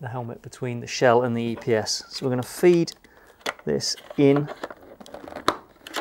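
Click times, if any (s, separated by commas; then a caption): 5.5 s. Someone talks while the plastic tang of the sun visor on a Caberg Duke Evo motorcycle helmet is fed in between the helmet shell and the EPS liner, with faint crinkling and small ticks from about 5.1 s. The tang is pushed onto its mounting post and seats with a sharp click at 5.5 s.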